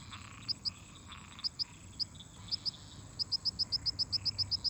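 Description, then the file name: Cricket chirps come in sparse high notes, then in a steady rapid sequence near the end, set against soft frog and toad croaking. Crickets singing constantly together with toads and frogs. "Grilos cantando constantemente em conjunto com sapos e ras"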